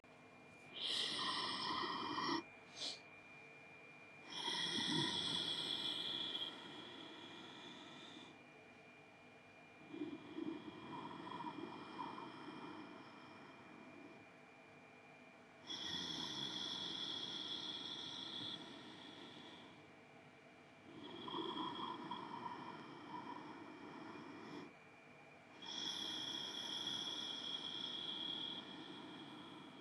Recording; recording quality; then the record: deep breathing; moderate, slight background noise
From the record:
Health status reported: healthy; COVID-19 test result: negative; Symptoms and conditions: cold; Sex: male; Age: 48 years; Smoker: not ticked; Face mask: worn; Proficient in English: yes